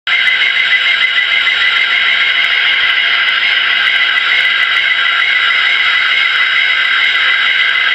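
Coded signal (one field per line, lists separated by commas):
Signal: SSTV (slow-scan television)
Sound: steady warbling squeal of shifting tones around 2 kHz buried in hiss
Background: radio static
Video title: SSTV on 27.700 MHz 27700 kHz 20 October 2015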